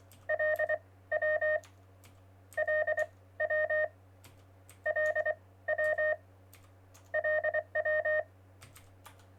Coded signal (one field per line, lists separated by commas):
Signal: Morse code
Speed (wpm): 24 wpm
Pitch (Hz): 620 Hz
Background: none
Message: LW LW LW LW